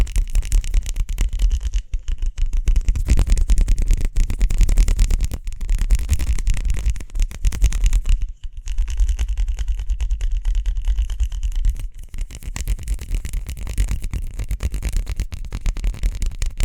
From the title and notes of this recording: ASMR Speedy Hand Sounds (No Talking).